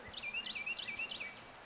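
Bird song, a quick run of bright, warbling notes that loop and rise and fall in pitch for over a second over a faint background hiss.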